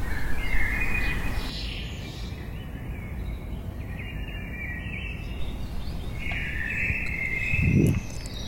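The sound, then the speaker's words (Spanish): Outdoor ambience with birds singing in sustained, high warbling phrases, joined by steady insect-like chirring over a constant low rumble of background noise, with a brief dull thump near the end. “Es leer el mundo desde la belleza que se encuentra en las flores y en el canto de los pájaros.”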